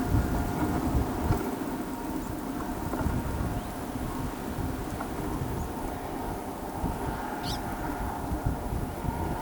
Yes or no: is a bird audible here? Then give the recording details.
no. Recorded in pastures near Pivijay, Magdalena, Colombia, on 17 April 2023 at 17:30. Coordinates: 10.456, -74.369. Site P6-G026